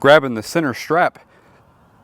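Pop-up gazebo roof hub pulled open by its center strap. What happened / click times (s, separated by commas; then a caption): Handled, not yet seated: no snap heard / none. A man talks about grabbing the center strap on the roof hub of an Octa Tent 1994 pop-up gazebo, whose frame pole joints lock when the strap is pulled. His speech fills the first second, then the clip goes to faint low background noise. The hub is only being handled here, and nothing has seated or clicked yet.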